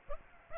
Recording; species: mosquito wingbeat signal from an infrared sensor; Aedes aegypti